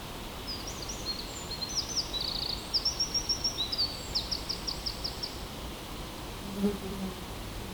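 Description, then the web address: Eurasian wren song: a rapid, high-pitched outpouring of trills and sharp notes lasting about five seconds, ending in a fast rattling series, over steady background hiss. Recorded 21 July 2009. "linnut peukaloinen 090721"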